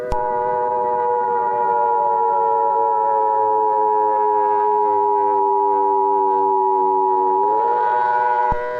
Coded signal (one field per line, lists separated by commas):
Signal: Emergency Alert System (SAME) tones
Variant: 853 and 960 Hz attention tone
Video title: Juneteenth EAS Special: The Juneteenth Retribution (ig also 100,000 view special)